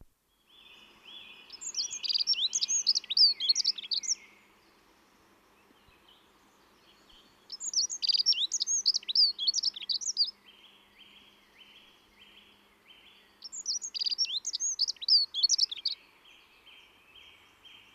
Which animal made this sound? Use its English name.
Dunnock